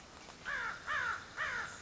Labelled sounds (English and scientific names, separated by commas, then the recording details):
American Crow (Corvus brachyrhynchos)
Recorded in Sonoma County, California